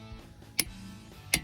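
A torque wrench is pulled by its handle to tighten a lug nut on a spare wheel. Two sharp, bright metallic clicks ring out at 0.6 s and 1.3 s over a low steady hum. Each click shows the wrench has reached its torque setting on the nut.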